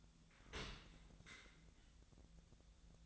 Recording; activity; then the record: daily activity, microphone in the room; open dishwasher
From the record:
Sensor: 3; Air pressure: 1000.5 hPa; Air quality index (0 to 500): 172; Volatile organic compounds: 3 ppm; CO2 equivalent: 1493 ppm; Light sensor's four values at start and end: 16/41/16/18 and 16/41/16/18